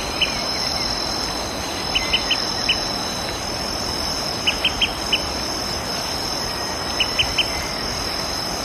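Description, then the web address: Olive-sided flycatcher repeating clipped pip notes in groups of three or four every couple of seconds, while crickets and insects drone loudly throughout. Recorded in Ecuador. "S America Birds of Ecuador. Olive-sided Flycatcher"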